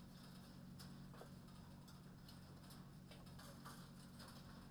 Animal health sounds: poultry house recording; no chicken sound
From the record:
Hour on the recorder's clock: 22

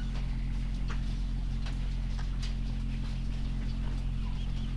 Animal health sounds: poultry house recording; sick chickens (respiratory disease)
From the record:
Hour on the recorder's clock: 1

